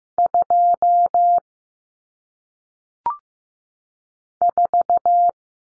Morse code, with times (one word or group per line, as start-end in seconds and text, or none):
0.2-1.4 2
4.4-5.3 4